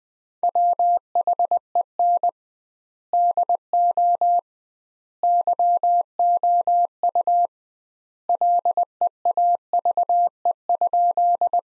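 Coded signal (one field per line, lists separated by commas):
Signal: Morse code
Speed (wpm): 20 wpm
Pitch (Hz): 700 Hz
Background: none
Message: WHEN DO YOU LEAVE?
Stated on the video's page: Practice sentences from the top 400 words at 20 wpm with double standard word spacing, a Farnsworth-like method applied to words.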